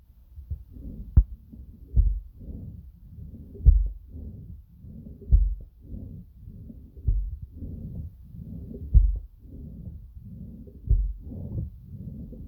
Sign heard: Heart Beating.